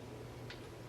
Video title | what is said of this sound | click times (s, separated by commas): Hydraulic Walker 2015 Preliminary Pitch | and then stake so this is now fully locked into place | 0.5 s